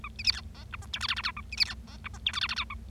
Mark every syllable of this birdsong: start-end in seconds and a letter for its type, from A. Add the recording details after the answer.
0.04-0.08 A, 0.19-0.22 B, 0.24-0.31 C, 0.32-0.41 D, 0.55-0.64 E, 0.72-0.76 F, 0.82-0.85 G, 0.93-0.99 H, 1.00-1.07 I, 1.08-1.14 J, 1.16-1.21 J, 1.24-1.31 K, 1.36-1.41 A, 1.52-1.55 B, 1.57-1.64 C, 1.65-1.74 D, 1.87-1.96 E, 2.04-2.08 F, 2.14-2.18 G, 2.26-2.31 H, 2.33-2.40 I, 2.41-2.47 J, 2.49-2.54 J, 2.56-2.64 K, 2.70-2.74 A. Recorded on 25 March 2012 at 13:06. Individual gy6or6